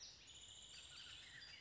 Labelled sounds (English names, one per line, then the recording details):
Bullock's Oriole
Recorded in Sonoma County, California